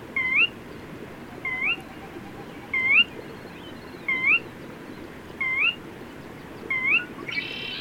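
Bird giving clear upslurred whistles, one roughly every 1.3 seconds, with a brief noise at the end and a constant rushing background.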